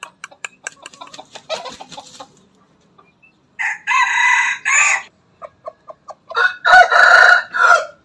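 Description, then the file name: Chicken (Bangkok rooster): chicken clucks, then crows: quick dry clicking notes, a pause, a loud hoarse crow, a few short clucks, and a second strained crow closing the sequence. Bangkok breed rooster, crowing. "suara ayam bangkok berkokok"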